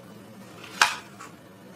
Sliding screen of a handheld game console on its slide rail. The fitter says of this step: Wow, that crisp click sound when you slide it open is really satisfying.